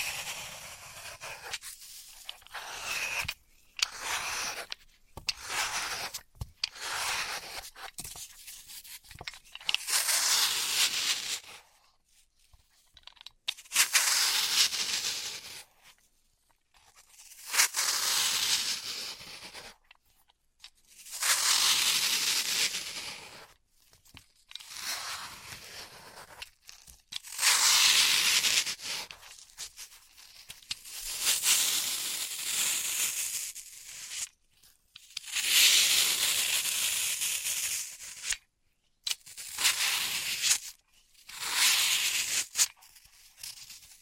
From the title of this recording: Dry vs Wet Floral Foam Tapping, Cutting and Crushing